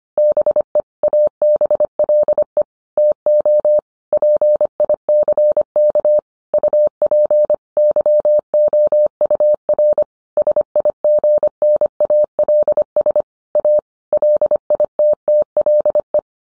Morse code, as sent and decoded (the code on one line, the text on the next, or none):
-... . / .- -... .-.. . / - --- / .--. .. -.-. -.- / ..- .--. / -.-- --- ..- .-. / ... .. --. -. .- .-.. ... / .- / .-.. .. - - .-.. .
BE ABLE TO PICK UP YOUR SIGNALS A LITTLE